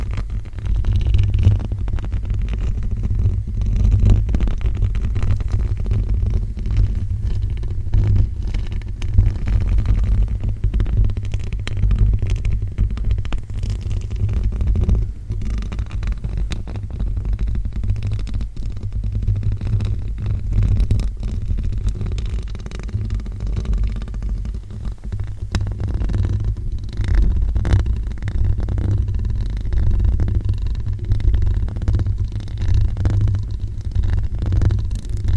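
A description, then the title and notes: Continuous scratching with a dense run of small crackles and ticks across the whole clip, heavy and rumbly in the low end. The level stays fairly even throughout, with a slightly quieter stretch around the middle and a steady low drone underneath. ASMR scratching you to sleep.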